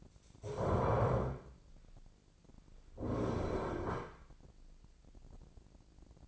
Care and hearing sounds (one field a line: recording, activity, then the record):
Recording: daily activity, microphone in the room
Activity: stand up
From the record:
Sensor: 5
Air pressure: 1009.3 hPa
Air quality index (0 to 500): 158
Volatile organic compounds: 2 ppm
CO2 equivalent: 1212 ppm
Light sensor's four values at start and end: 274/660/279/304 and 275/662/279/305